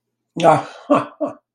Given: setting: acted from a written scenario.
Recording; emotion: vocal sound without words; amusement